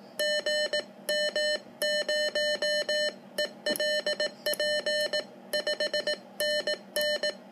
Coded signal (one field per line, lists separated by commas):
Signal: Morse code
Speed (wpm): 18 wpm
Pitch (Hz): 1800 Hz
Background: none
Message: GM0ELP 5NN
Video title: President Lincoln II V3 cw testing IARU FD